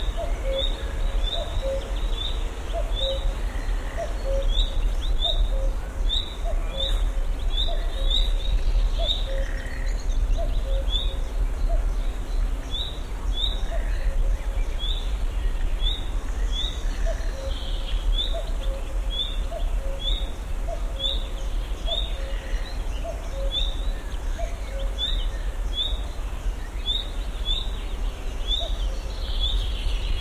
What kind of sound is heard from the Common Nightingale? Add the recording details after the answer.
alarm call. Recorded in the wild. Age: adult. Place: Schildow, NSG, Kalktuffgelände am Tegeler Fließ (NSG Schildow), Berlin, DE. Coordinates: 52.64, 13.39. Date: 1992-06-21 10:05. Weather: sunny, 19-26 °C, strengthening winds. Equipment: Marantz CP 430, Sennheiser ME 80, Kopie Tesla B 116. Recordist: Tembrock, Günter